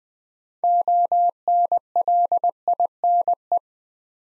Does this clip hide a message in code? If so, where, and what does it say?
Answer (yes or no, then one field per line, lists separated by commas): yes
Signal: Morse code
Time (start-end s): 0.6-3.6 s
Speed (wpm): 20 wpm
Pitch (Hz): 700 Hz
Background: none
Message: ONLINE